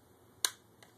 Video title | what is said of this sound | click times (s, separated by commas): Monitor panel installation on Dell 1440 laptop | Position lined up just right, and then it finally snaps into place. | 0.4 s